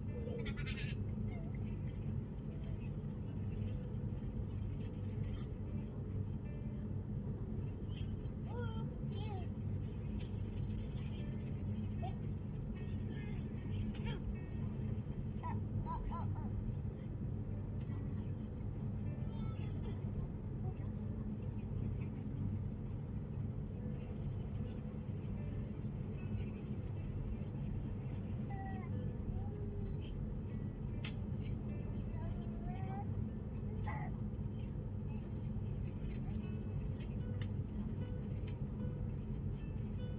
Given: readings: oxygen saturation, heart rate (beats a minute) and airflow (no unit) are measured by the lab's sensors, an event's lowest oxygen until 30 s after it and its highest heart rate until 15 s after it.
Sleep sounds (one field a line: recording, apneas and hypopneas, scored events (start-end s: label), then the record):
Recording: a person awake in a sleep study, by a smartphone at the bedside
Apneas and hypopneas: none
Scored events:
0.00-40.18 s: awake
From the record:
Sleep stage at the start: awake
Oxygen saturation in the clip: 95 to 96%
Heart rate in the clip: 70 to 74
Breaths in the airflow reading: 10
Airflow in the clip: -3.1 to 4.2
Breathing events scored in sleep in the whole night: 131 in 7.2 hours asleep